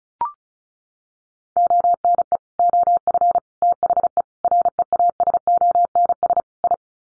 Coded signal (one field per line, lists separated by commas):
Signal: Morse code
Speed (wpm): 34 wpm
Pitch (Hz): 700 Hz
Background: none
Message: ONE OF THE REASONS I